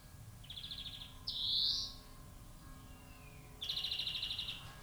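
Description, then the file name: European greenfinch: a soft trill, then a loud nasal wheeze, a pause, and a stronger rapid buzzing trill, with low background hum. "Chloris chloris"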